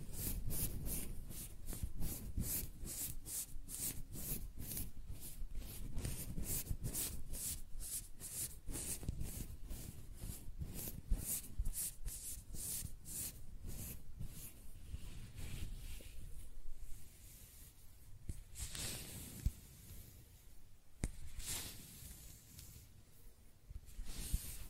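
Close-up hair sounds: quick, regular brushing or scratching strokes repeat steadily for the first seventeen seconds, each a soft hissing rasp over a low rubbing undertone. After that the strokes become slower and sparser, with longer, quieter sweeps and a few sharp ticks.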